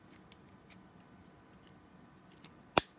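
A thread spool is placed on the small spool clamp lever of a Stitch Happy stitching pen by We R Memory Keepers and clamped down. A few faint ticks come at about 0.3, 0.7 and 2.4 seconds, then a sharp, loud snap at 2.8 seconds as the lever clamps down and seats.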